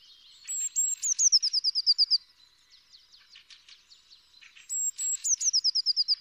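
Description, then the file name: Eurasian blue tit song: a couple of high sustained whistles, then a rapid trill of short falling notes, heard twice with soft chatter between. "Cyanistes caeruleus"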